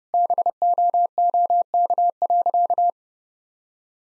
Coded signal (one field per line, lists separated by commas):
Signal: Morse code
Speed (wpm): 30 wpm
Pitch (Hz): 700 Hz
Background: none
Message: BOOK.